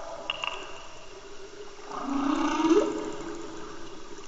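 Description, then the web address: Humpback whale song unit: a low groaning moan that swells and rises slightly midway, preceded by faint clicks over steady underwater hiss. Recorded in Antarctica. "Antarctia Bultrug Humpback Whale Song"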